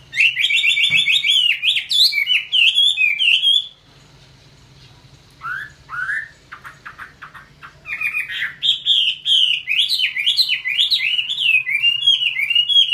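Chinese hwamei song of rapid rolling whistles and buzzy trills, broken by a brief quiet gap before the loud varied phrases resume.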